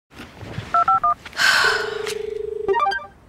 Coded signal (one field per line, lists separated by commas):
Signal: DTMF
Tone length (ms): 120 ms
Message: 251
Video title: Butt dialing your ex (Meme)